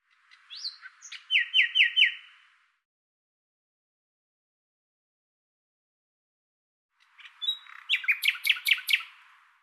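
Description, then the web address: Common nightingale song: a rising note and quick repeated chips, a long pause, then a second phrase of rapid, rattling repeated notes. "Deverinetal 2025"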